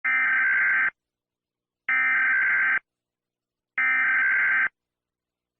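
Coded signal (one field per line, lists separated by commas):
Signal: Emergency Alert System (SAME) tones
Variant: header bursts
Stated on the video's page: Sped-up EAS alarm tones.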